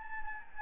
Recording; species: mosquito wingbeat signal from an infrared sensor; Anopheles gambiae